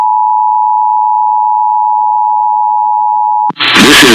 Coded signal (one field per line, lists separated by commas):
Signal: Emergency Alert System (SAME) tones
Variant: 853 and 960 Hz attention tone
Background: speech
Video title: Another Round Of Tests Tuesday (EAS #26029-26057) 4/15/25